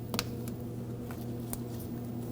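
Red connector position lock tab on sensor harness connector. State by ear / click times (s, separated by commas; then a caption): seated / 0.2 s. The red plastic position lock tab on the rear ABS wheel speed sensor harness connector of a 2009-2014 Ford F-150 is pressed down to lock the connector in place. It gives a sharp snap at 0.2 s, followed by fainter ticks around 0.5, 1.1 and 1.5 s over a steady low hum. The connector is seated and locked.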